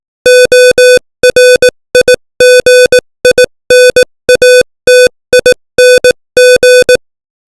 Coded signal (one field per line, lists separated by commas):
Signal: Morse code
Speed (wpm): 18 wpm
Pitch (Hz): 500 Hz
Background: none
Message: ORIGINATING